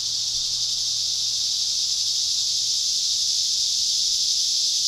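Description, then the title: Cicadas in a constant high-pitched buzzing chorus, unbroken, with a faint low hum early on. Recorded at Trinity. "neoscenes: cicadas at Trinity"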